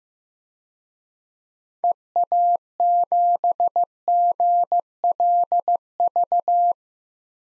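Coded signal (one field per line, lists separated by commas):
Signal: Morse code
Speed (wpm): 16 wpm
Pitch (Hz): 700 Hz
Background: none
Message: EA7GLV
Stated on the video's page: Generated Morse at 15wpm of six-character DXCC call signs for head-copy practice, each sent, spoken, then sent again.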